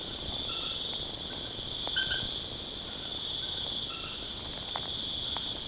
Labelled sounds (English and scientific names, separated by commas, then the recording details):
none
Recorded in pastures near Puerto Asís, Putumayo, Colombia, on 25 June 2025 at 19:30
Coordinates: 0.496, -76.326
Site GP01